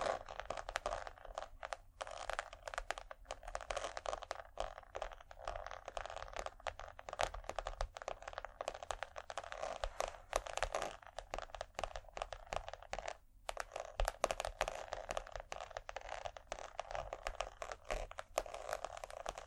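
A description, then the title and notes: Scratchy tapping crackles almost nonstop, dense and crinkly like paper being crumpled, with a few short pauses, one near thirteen seconds. Irresistible Scratchy-tapping.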